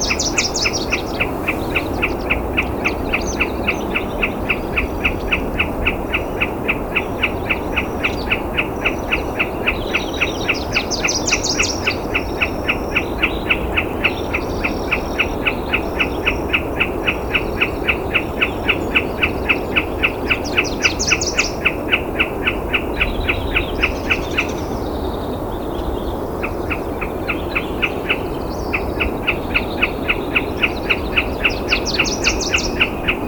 Wilson's Snipe call recorded at the Alluvial Fan in Rocky Mountain National Park.